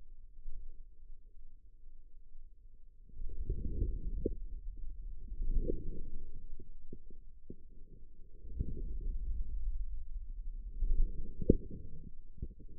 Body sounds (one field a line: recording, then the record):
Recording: forearm muscle sounds (acoustic myography)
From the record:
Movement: inward rotation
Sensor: system 2, bracelet of six BSWA MPA416 microphones around the upper forearm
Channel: 4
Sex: male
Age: 22 years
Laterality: right